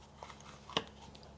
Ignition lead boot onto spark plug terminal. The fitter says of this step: you should get a little click like that you know it's home properly then so anyway